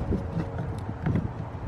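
After an LED bulb swap on a Miata, the reverse light housing is handled and guided back toward its rear bumper opening, with low rustling and knocking against a steady background. A brief, sharper knock stands out at about 1.1 seconds, but nothing has seated or clicked yet.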